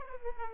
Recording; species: mosquito wingbeat signal from an infrared sensor; Aedes aegypti